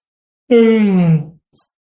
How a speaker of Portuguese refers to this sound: Sim, agora tudo alcançou um estado de perfeição, respondeu Stepan Arkadievich com bocejo úmido e feliz.